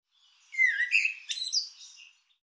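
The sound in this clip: Bird uttering a brief, rapid string of chirping and slurred notes lasting under two seconds, with a sharp high note near the middle; silent background.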